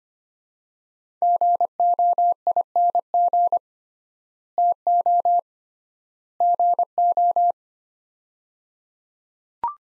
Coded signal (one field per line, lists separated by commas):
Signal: Morse code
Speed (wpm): 25 wpm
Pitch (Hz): 700 Hz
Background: none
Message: GOING TO GO